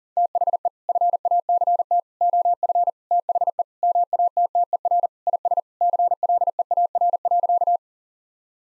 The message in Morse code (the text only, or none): THE FACT OF THE MATTER IS CLEAR.